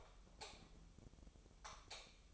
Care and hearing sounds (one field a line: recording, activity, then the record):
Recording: daily activity, microphone in the room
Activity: light off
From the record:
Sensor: 1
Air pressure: 988.4 hPa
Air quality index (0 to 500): 198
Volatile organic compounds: 1000 ppm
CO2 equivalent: 5286 ppm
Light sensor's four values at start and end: 12/38/14/16 and 12/38/14/16